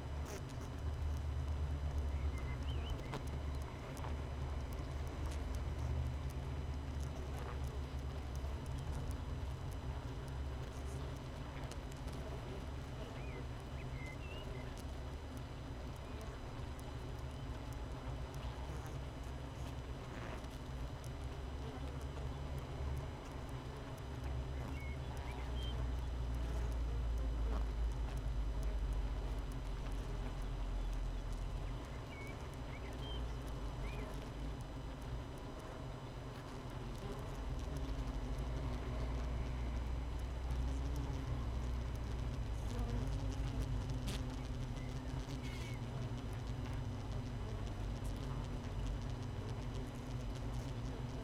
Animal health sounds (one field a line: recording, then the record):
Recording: honeybee colony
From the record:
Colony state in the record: missing queen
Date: 31 May 2018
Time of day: 7:04